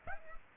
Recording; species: mosquito wingbeat signal from an infrared sensor; Aedes aegypti